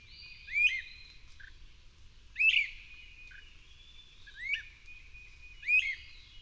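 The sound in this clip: Bird singing a high, whistled phrase with a sharp rising flourish and a drawn-out tail, four phrases at uneven intervals in a quiet background.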